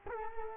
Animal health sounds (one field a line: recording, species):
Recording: mosquito wingbeat signal from an infrared sensor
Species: Culex quinquefasciatus